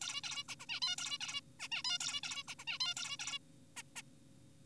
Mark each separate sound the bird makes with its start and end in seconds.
0.01-0.21, 0.24-0.44, 0.49-0.55, 0.60-0.66, 0.69-0.80, 0.82-0.96, 0.98-1.18, 1.21-1.41, 1.60-1.68, 1.72-1.83, 1.85-1.98, 2.01-2.21, 2.23-2.43, 2.48-2.55, 2.59-2.65, 2.67-2.79, 2.81-2.95, 2.97-3.17, 3.19-3.39, 3.77-3.83, 3.96-4.02